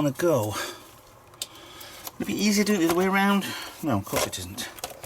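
During reassembly of an Xbox One X game console, an internal part is being worked into the console chassis after some struggle, while someone talks. Two brief sharp taps are heard at about 1.4 and 2.1 seconds amid handling noise. The part has not yet dropped into place and nothing has seated by the end of the clip.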